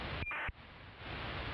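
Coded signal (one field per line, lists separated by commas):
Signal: ACARS aircraft data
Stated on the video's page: ACARS received in AM on VHF band, 131.725 MHz.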